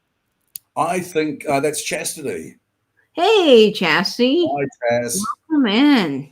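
The rhinestone-set tongue of a vintage bracelet's tongue-and-box clasp is pushed into its box close to a microphone to show the clasp's quality. It gives one sharp click at 0.6 s as it seats shut, and someone then talks for the rest of the clip.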